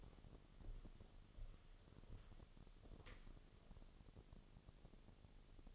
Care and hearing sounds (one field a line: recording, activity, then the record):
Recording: daily activity, microphone in the room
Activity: walk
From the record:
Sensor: 4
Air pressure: 1016.2 hPa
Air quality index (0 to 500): 162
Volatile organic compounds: 6 ppm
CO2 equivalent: 1851 ppm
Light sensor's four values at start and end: 9/20/8/7 and 9/20/8/7